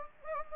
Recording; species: mosquito wingbeat signal from an infrared sensor; Anopheles gambiae